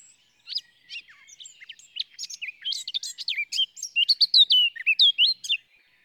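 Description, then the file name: Eurasian blackcap song: a chattering warble that builds into louder, clear fluted notes with rising and falling slurs, ending abruptly. "Sylvia atricapilla"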